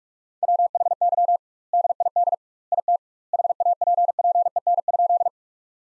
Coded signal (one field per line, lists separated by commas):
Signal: Morse code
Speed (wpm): 47 wpm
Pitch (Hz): 700 Hz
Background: none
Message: WHY DID IT HAPPEN?